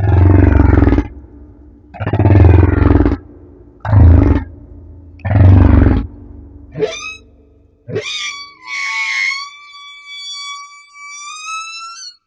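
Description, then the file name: Humpback whale singing four deep pulsed moans, then quick upsweeps and long, steady high whistles. Madagascar. "Humpback Whale - Madagascar Whale One"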